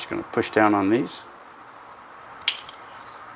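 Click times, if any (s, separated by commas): 2.5 s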